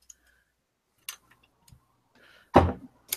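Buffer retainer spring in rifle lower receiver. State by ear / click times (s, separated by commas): seated / 3.1 s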